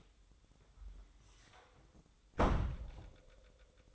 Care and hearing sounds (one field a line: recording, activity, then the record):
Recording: daily activity, microphone in the room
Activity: close door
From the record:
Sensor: 3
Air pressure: 1004.9 hPa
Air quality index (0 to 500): 73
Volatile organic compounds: 2 ppm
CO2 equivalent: 1091 ppm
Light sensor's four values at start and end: 9/20/8/8 and 8/20/8/8